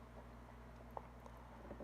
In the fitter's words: The clip disengages.